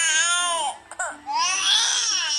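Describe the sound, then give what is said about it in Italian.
A baby wails loudly in two long, high-pitched bursts, broken by a brief gasping catch of breath in the middle, the cry rising and falling in strained, harmonic tones. “Se il bambino fa che non sa... così, ecco, cosa dice?”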